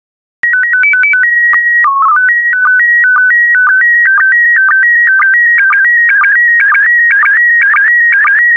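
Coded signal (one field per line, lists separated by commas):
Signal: SSTV (slow-scan television)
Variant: PD 120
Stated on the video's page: SSTV image transmission in PD120 mode, daily practice images for decoding.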